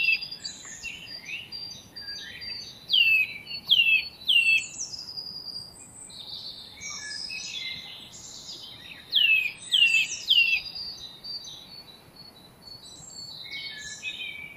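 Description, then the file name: Eurasian nuthatch giving two bursts of three clear, downslurred whistles, among other high chirping notes. "Sitta europaea"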